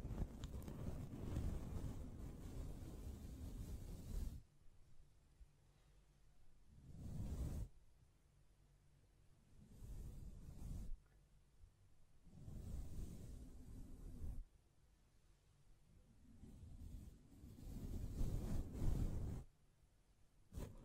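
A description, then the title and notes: Hand sounds brushing and scratching across a mic come in dense, low rushing bursts at about 0–4, 7, 12–13 and 17–19 seconds, separated by quiet gaps. Tapping, Scratching, Mic Brushing, Hand Sounds.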